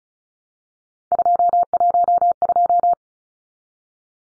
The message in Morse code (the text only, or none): 212